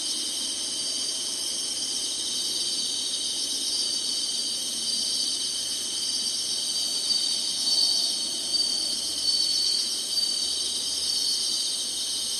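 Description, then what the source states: Insects singing in a dense, steady high-pitched chorus, a shrill continuous buzz with faint shimmering trills throughout. Singing, in summer.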